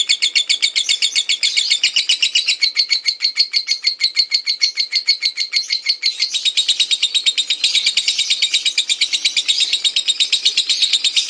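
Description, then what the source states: Lovebird chatter, a long run of rapid, evenly pulsed high harsh notes, steady throughout with a slight change in tone midway. Lutino lovebird giving the ngekek chattering call; recording used for training birds.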